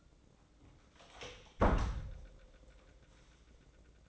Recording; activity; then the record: daily activity, microphone in the room; close door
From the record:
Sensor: 3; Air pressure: 1012.3 hPa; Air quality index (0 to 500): 178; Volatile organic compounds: 3 ppm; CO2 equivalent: 1364 ppm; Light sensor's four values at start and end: 550/1367/564/574 and 550/1368/564/575